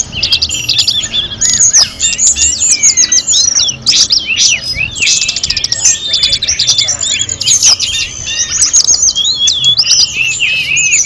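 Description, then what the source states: Sunda robins singing continuously, a thick tangle of high warbled whistles, slurred notes and chattering trills with sharp clicks throughout. Five birds singing together.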